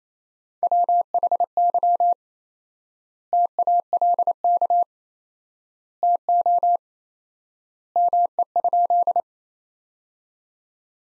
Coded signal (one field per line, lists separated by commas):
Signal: Morse code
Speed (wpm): 28 wpm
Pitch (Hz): 700 Hz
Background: none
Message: WHY TALK TO ME?